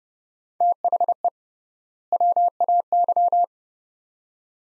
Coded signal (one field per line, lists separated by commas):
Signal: Morse code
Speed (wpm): 31 wpm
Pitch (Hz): 700 Hz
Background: none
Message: THE WAY